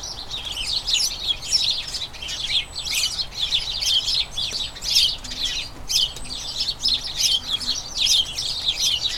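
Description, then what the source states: House sparrows chirping in a dense, overlapping chorus, many short bright chirps tumbling together without pause, the chatter swelling and easing in waves. A colony of a dozen house sparrows chattering incessantly and excitedly in a small front garden as crocuses bloom, a sign they are turning toward the breeding season.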